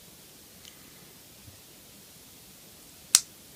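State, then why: Seated. A glued plastic part of a plastic miniature model kit is pressed onto its mating piece on the model body, with a faint tick near 0.7 s before a sharp, bright click at 3.2 s. The part clicks into place and is now seated and secure.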